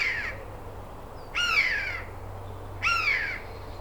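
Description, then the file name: Eurasian jay uttering three nasal, rasping calls that slur downward, roughly one every one and a half seconds, against a quiet hissy background. "Garrulus glandarius"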